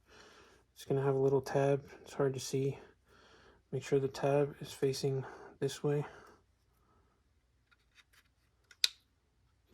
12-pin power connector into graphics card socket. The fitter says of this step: push it in you're going to hear it click make sure it's fully seated